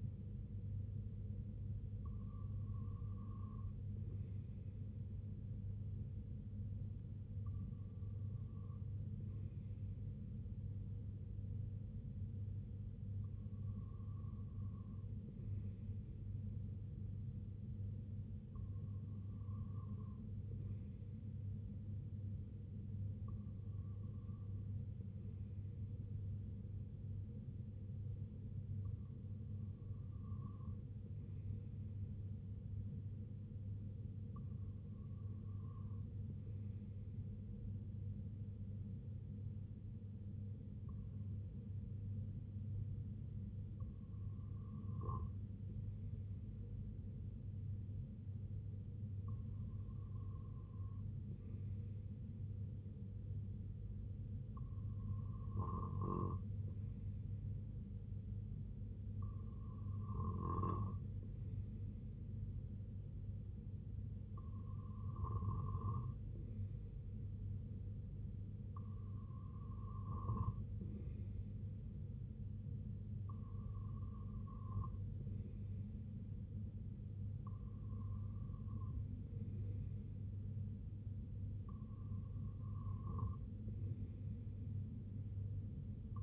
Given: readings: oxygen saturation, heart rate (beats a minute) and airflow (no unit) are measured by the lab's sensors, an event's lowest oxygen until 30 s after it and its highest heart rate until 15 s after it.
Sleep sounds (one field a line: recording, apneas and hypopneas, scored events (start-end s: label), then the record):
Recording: breathing in sleep by a smartphone at the bedside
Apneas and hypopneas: none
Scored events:
none scored
From the record:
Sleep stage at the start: REM sleep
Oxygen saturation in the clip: 94 to 95%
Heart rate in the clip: 62 to 69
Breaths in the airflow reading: 16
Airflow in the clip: -5.4 to 3.0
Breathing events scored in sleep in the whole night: 258 in 7.4 hours asleep